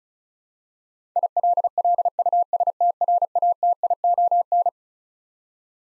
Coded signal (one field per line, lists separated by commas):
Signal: Morse code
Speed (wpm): 36 wpm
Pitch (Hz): 700 Hz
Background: none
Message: ILLUSTRATION